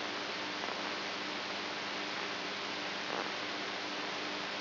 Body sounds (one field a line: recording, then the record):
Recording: brain microelectrode recording played as sound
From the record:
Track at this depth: outside the subthalamic nucleus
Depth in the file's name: 7.105 mm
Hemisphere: right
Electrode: 2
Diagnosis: Parkinson's disease